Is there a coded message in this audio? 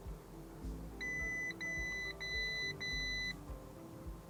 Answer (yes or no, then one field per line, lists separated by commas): no